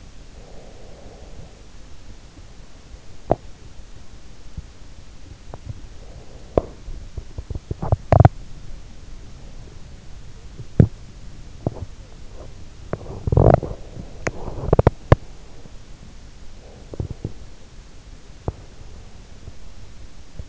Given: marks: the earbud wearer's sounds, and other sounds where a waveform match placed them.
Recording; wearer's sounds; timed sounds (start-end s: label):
sounds in sleep by an in-ear microphone; breath, teeth grinding
0.25-2.43 s: breath
3.27-20.48 s: teeth grinding